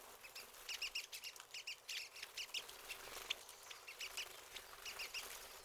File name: Pine Siskins